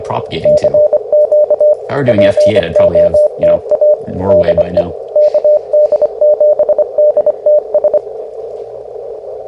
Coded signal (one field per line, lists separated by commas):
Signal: Morse code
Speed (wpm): 24 wpm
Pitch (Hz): 600 Hz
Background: speech, radio noise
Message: CQ POTA DE KD7DTS